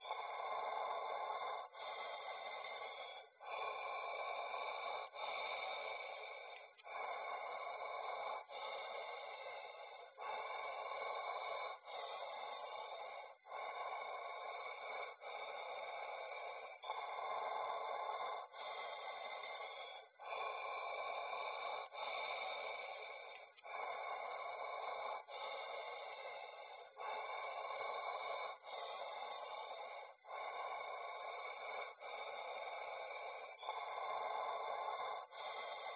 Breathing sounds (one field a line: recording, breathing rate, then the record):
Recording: paced breathing near a phone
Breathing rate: 18 breaths a minute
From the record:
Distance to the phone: 20 cm